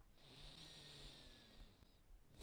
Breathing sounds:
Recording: one breath near a microphone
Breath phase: inhalation

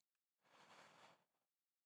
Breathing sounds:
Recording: one breath near a microphone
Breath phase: inhalation

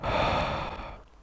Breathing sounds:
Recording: one breath near a microphone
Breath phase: exhalation

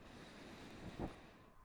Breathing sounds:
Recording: one breath near a microphone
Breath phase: inhalation

